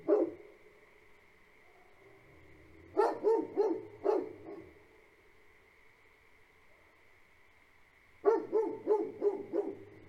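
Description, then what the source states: Great Pyrenees barking in short clusters: one bark, a quick burst around three seconds, then another burst near the end, over a steady high drone. Two livestock guardian dogs barking on a farm at night, for the first five minutes then periodically; frog chorus in the background; recorded March 2021.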